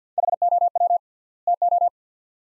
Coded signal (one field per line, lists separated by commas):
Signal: Morse code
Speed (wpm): 45 wpm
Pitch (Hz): 700 Hz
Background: none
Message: HOW TO